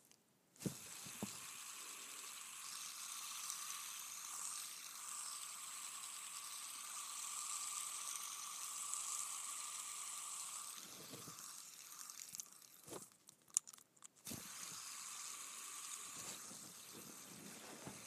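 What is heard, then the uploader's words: A fidget spinner whirs in a steady, hissy buzz with a thin hum running under it from just after the start until about ten seconds. A cluster of sharp clicks and taps from handling follows, then the whirring starts up again and continues to the end. ASMR Spinning a Fidget Spinner.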